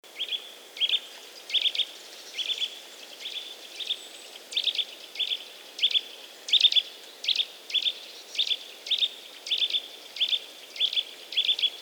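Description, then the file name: Eurasian nuthatch giving a long, steady series of sharp, high calls, each a short burst with a clicky onset. "Sitta europaea"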